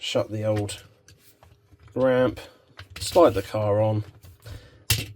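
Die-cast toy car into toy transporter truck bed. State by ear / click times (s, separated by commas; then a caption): seated / 4.9 s. Someone talks while a die-cast toy car is slid onto the ramp of a Majorette JDM Legends Tuning Transporter toy truck, with Supra and Silvia cars. A sharp click at 4.9 s marks the car locking into place in the transporter bed. It is a bit clunky, but the car clicks in and holds.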